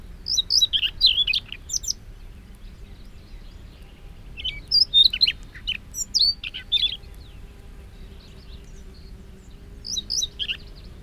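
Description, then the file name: Siberian rubythroat delivering several scratchy, high-pitched warbling phrases at irregular intervals, each a jumble of rapid chirps and thin whistles, over a soft low hum. "rubythroat-siberian -Calliope-calliope"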